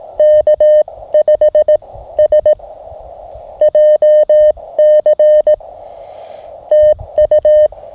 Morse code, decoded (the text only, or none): K5SJC TU